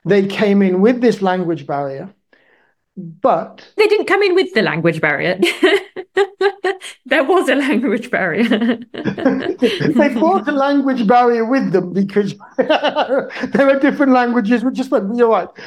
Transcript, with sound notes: they came in with this language barrier. But…
They didn’t come in with the language barrier, [laughs] there was a language barrier!
They brought a language barrier with them because, there were different languages which were spoken, you’re right.